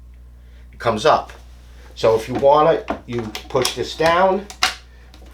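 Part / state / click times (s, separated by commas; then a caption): plunge lock on a cordless track saw / seated / 5.1 s. Someone talks while pushing down the housing of a Milwaukee 2831-20 cordless track saw to engage its plunge lock. A short snap at 5.1 s marks the lock seating, holding the saw in the blade-changing position.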